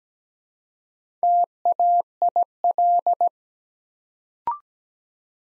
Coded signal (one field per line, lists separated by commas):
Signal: Morse code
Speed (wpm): 17 wpm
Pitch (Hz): 700 Hz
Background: none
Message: TAIL